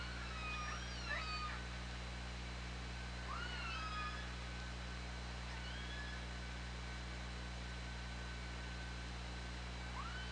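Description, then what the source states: Killer whale calls, several rising and falling harmonic tones, some sweeping upward sharply, grouped in the first half and repeated later, over a steady low underwater hum. Picked up by an OrcaLab hydrophone on 24 August 2017, around 20:17.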